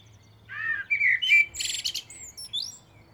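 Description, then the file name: Common blackbird singing one phrase: low fluty warbled notes that break into a high, squeaky twittering flourish, then thin high whistles at the end. "Turdus merula"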